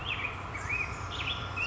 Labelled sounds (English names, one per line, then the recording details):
Black-headed Grosbeak
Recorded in Sonoma County, California